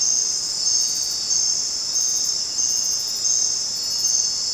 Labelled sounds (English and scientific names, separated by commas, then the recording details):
none
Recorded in dense forest near Puerto Asís, Putumayo, Colombia, on 29 June 2025 at 20:00
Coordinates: 0.484, -76.317
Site G045